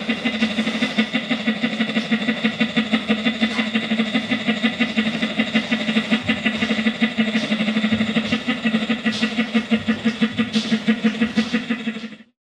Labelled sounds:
Sun Bear (Helarctos malayanus)
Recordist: Tembrock, Günter
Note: Nuckeln

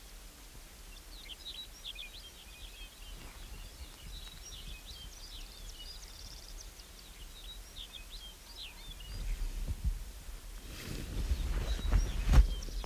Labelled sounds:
Lapland Longspur (Calcarius lapponicus) song
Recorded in the wild
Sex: male
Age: adult
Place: Insel Mednyi, Kommandeur-Inseln, RU
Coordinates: 54.5167, 168.083
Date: 1999-07-06
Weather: no fog, 5°C, weak winds
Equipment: Sony WM-D6C, Sennheiser MKH 70, Windkorb, Kopie Sony TCD-D8
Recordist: Frommolt, Karl-Heinz

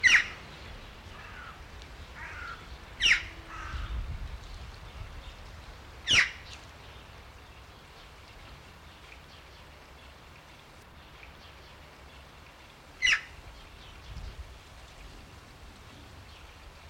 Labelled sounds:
Red-billed Chough (Pyrrhocorax pyrrhocorax) call
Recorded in captivity
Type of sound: call
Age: adult
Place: Zoo Berlin, Berlin, DE
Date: 1994-02-05
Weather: heiter bis wolkig, 0 °C, Wind
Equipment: Marantz CP 430, Sennheiser MKH 416 T, Kopie Uher Variocord 263
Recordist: Tembrock, Günter
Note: Kurzlaute

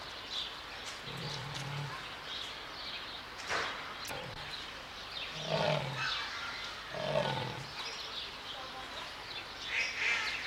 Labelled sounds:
Leopard (Panthera pardus)
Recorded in captivity
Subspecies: orientalis
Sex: male
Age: adult
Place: Zoo Berlin, Berlin, DE
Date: 1995-03-04 13:14
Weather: heiter bis wolkig, 1 - 5 °C
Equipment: Marantz CP 130, Sennheiser ME 80, Kopie Uher Variocord 263
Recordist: Tembrock, Günter
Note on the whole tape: Persischer Leopard (P. p. saxicolor): Männchen läuft umher, dabei Laute. Entfernung: ca. 4 - 5 m

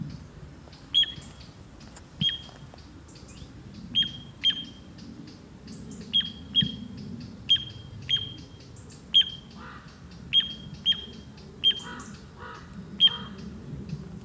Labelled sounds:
Little Ringed Plover (Charadrius dubius) call
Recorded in the wild
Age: adult
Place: Flemmingen, Thuringia, DE
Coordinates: 50.9385, 12.6332
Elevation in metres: 250
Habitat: gravel pit
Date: 2024-07-27 15:21
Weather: 20-25°C, cloudy
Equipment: Sound Devices MixPre6, Sennheiser MKH8060
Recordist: Frommolt, Karl-Heinz

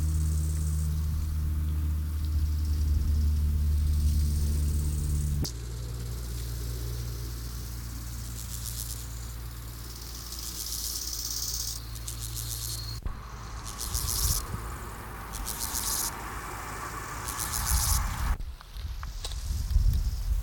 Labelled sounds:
Steppe Grasshopper (Chorthippus dorsatus) stridulation
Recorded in the wild
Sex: male
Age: imago
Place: Treuchtlingen, Naturpark Altmühltal, Bayern, DE
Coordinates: 48.96, 10.91
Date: 1993-09-19
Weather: 20,5°C, Sonnig
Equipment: Marantz CP 430, Sennheiser MKH 416 T, Kopie Uher Variocord 263
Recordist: Tembrock, Günter

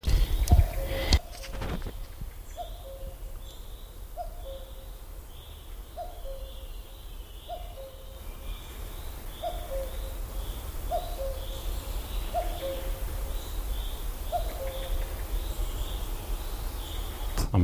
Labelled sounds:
Common Cuckoo (Cuculus canorus)
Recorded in the wild
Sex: male
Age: adult
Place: Mühlenbeck, Brandenburg, DE
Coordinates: 52.6833, 13.4
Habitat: forest
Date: 1996-06-22 16:21
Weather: cloudy, 17°C
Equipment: Sony MD-WM MZ-R3, Sennheiser MKH 416 T, Kopie Uher 4000 Report Monitor
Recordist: Tembrock, Günter
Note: Am Mühlenbecker See: Rufe

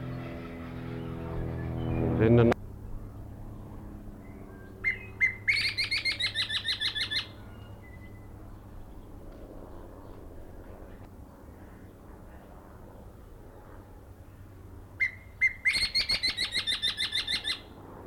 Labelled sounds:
Common Green Magpie (Cissa chinensis)
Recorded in captivity
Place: Zoo Berlin, Berlin, DE
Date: 1992-07-25 10:50
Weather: sonnig (heiter - schwül), 23-26°C
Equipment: Marantz CP 430, Sennheiser ME 80, Kopie Tesla B 116
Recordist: Tembrock, Günter

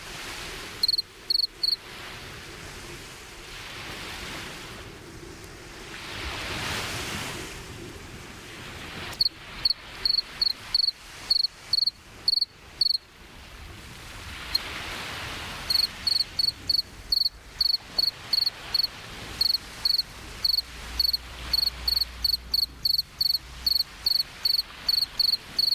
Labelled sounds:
Two-spotted Cricket (Gryllus bimaculatus) stridulation
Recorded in the wild
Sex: male
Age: imago
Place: Chania, Insel Kreta, GR
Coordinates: 35.5164, 24.0189
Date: 1996-10-10 22:25
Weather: 18°C, cloudy
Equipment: Sony MD-WM MZ-R3, Sennheiser MKH 416 T, Kopie Uher 4000 Report Monitor
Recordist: Tembrock, Günter

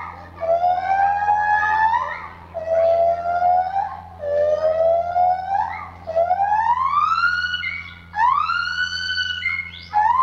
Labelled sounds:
Lar Gibbon (Hylobates lar)
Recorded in captivity
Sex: group
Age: diverse
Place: Zoo Berlin, Berlin, DE
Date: 1985-07-12
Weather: sonnig, 22 °C
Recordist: Tembrock, Günter

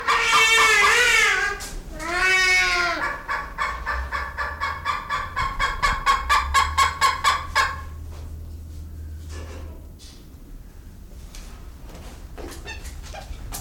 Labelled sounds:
Trumpeter Hornbill (Bycanistes bucinator) call
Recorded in captivity
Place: Zoo Berlin, Berlin, DE
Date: 1996-03-13 15:21
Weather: bedeckt, 2°C
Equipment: Sony WM-D6C, Sennheiser ME 80, Kopie Uher 4000 Report Monitor
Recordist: Tembrock, Günter

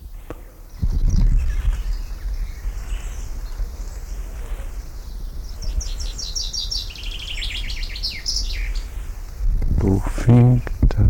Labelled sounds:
Common Chaffinch (Fringilla coelebs)
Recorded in the wild
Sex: male
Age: adult
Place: Kremmen, Brandenburg, DE
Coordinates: 52.76, 13.03
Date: 1995-06-03 11:30
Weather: heiter, 18°C
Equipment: Marantz CP 430, Sennheiser ME 80, Kopie Uher 4000 Report Monitor
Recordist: Tembrock, Günter

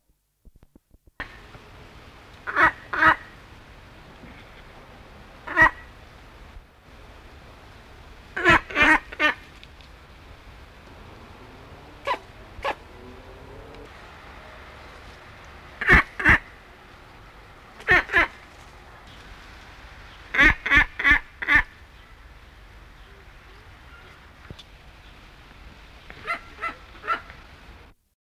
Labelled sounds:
American White Ibis (Eudocimus albus) call
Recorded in captivity
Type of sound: call
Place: Zoo Gelsenkirchen, Nordrhein-Westfalen, DE
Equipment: Halbspur, 9,5 cm/s
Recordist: Lütgens, Hans
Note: 6 Tiere

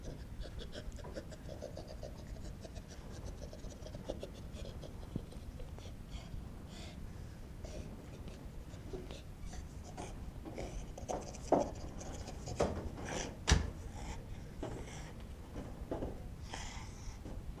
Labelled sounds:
Western Gorilla (Gorilla gorilla) call
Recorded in captivity
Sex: female
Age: adult
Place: Tierpark Berlin, Berlin, DE
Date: 1966-04-23
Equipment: Grundig TK 1 Luxus
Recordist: TSA

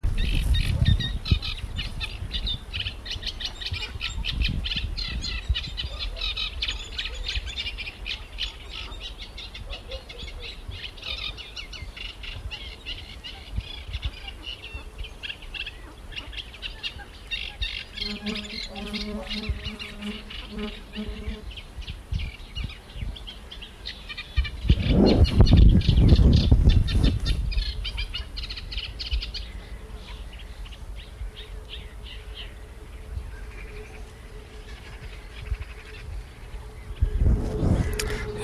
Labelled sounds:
Eurasian Reed Warbler (Acrocephalus scirpaceus) song
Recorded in the wild
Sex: male
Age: adult
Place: Karower Teiche, Naturpark Barnim, Berlin, DE
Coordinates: 52.6222, 13.4597
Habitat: pond
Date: 1989-07-05 20:21
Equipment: Riporter 6 RG-K, Sennheiser MKH 416 T, Original, Halbspur
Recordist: Frommolt, Karl-Heinz
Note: Gesang

